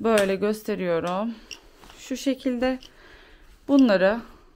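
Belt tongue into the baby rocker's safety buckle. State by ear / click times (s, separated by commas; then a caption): not seated / none. Someone talks while handling the safety belt of a Kraft automatic baby rocker, bringing the belt tongue toward the seat's safety buckle. Nothing has seated or clicked yet.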